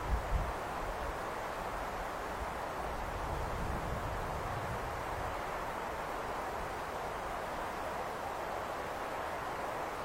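Wind whistles steadily over a high lookout, a dense, even rush with a few low buffeting gusts near the start and around four seconds.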